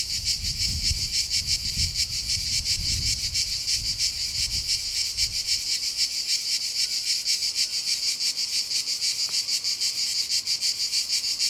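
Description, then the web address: High pulsing cicada buzz continues unbroken, while soft low thumps sound during the first few seconds. Cicadas recorded at Castelvecchio di Rocca, Liguria, Italy. "impossible-music Cicadas-Castelvecchio Di Rocca,Liguria,Italy"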